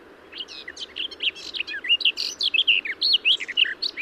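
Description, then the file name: Garden warbler delivering a sustained, bubbling warble of quick varied notes throughout, over a soft constant background hum. "Garden-Warbler -Sylvia-borin"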